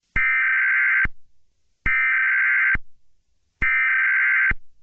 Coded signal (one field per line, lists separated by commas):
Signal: Emergency Alert System (SAME) tones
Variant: header bursts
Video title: flash flood warning eas #2 (fake eas)